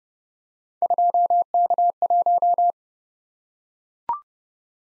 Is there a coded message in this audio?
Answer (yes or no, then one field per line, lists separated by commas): yes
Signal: Morse code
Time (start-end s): 0.8-2.7 s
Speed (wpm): 30 wpm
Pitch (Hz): 700 Hz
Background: none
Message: 2K1